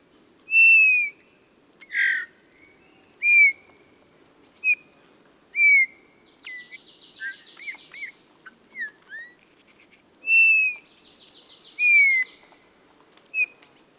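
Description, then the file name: Eurasian bullfinch calls: short, soft, downward-slurred piping whistles repeated at irregular intervals of one to five seconds, mixed with buzzy rattling trills and a few sharp chips. "Pyrrhula pyrrhula"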